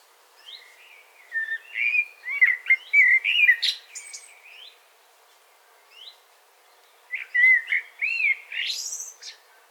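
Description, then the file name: Common blackbird singing two phrases, each a rich low fluting warble that breaks into a thin, high squeaky flourish, with a pause between them. "Turdus merula"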